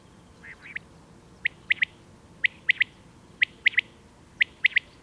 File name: common-quail coturnix coturnix